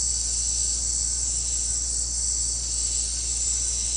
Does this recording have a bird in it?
no